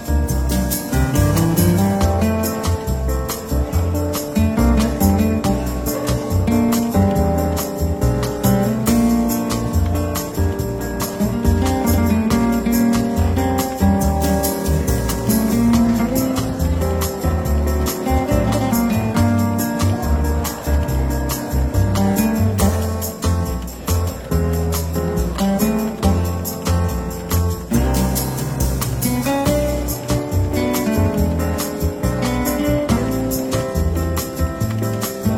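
Soft, relaxed jazz plays steadily in a London bookshop café, with a low bass line, warm chords and a light, regular beat throughout. The level stays even across the whole stretch, dipping only briefly around the 25-second mark.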